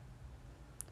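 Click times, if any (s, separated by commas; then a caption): 0.8 s. A small round plastic vent piece is clipped onto the plastic lid of a seed propagator. After a low steady hum, a sharp click sounds at 0.8 s, followed by a faint softer tick just after. The vent piece seats on the lid.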